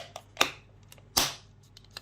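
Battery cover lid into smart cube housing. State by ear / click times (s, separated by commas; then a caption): seated / 0.4 s, 1.2 s. A plastic battery cover lid is pressed back into the housing of a small T1 Pro smart cube in the correct orientation. Sharp clicks sound at 0.4 s and 1.2 s as it snaps home, with a few fainter ticks around them. The lid is seated correctly.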